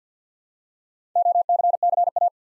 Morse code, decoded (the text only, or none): OCCA